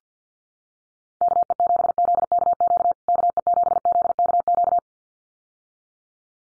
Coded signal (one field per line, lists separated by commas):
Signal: Morse code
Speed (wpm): 50 wpm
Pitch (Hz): 700 Hz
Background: none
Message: KE7ZKQ KE7ZKQ